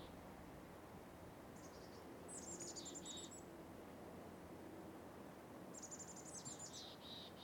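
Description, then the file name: Bird giving two bursts of thin, high twittering notes a few seconds apart, with a constant low wind noise underneath. Outdoor winter setting with light wind. "Outdoor Winter Ambience Birds Light Wind"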